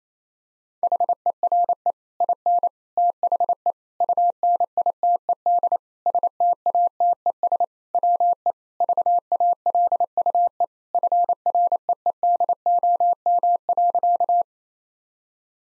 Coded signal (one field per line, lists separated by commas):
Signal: Morse code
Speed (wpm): 28 wpm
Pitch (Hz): 700 Hz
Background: none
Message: HERE IN THE UNITED STATES WE VALUE FREEDOM.